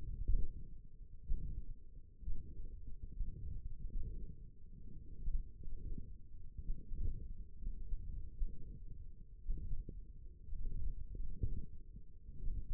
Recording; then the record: forearm muscle sounds (acoustic myography)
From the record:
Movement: radial deviation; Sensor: system 1, eight BSWA MPA416 microphones around the upper forearm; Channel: 2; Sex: male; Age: 28 years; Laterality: right